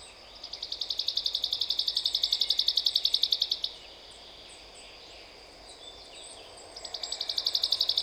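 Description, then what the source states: Common chaffinch song: a long, even trill of high repeated notes for over three seconds, a quiet gap with faint chirps, then another trill begins. Recorded at Glashütte, Germany, on 5 June 2015.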